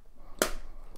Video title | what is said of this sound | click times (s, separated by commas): Review of the polaroid SX 70 | it all collapses you'll hear a snap and then I wouldn't | 0.4 s